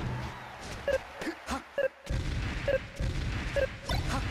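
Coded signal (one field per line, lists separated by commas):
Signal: none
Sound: game sound effects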